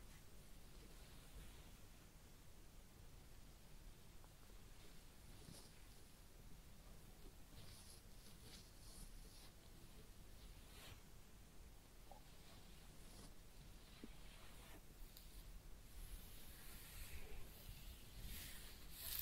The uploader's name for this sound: Real Head Massage and Ear Cleaning